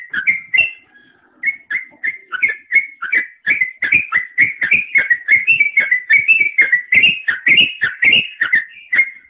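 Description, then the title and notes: Bird song of quick, repeated whistled notes in a steady rapid stream after a brief opening burst and a short gap. "Bird Sound. Kicau Burung Lengkap"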